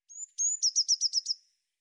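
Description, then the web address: Eurasian blue tit: two long thin high notes, then a fast series of six short notes fading out. "cianscape birddata Deverinetal 2025 File cleaned normalized Bird Cy Ca"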